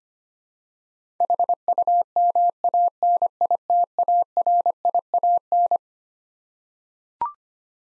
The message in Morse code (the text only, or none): HUMANITARIAN